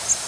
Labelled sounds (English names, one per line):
Bay-breasted Warbler flight call